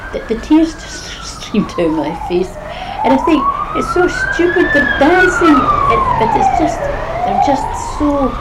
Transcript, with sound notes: The tears just streamed down my face. [laughs] And I think, it's so stupid, [siren in background] they're dancing. It's just so, they're just so--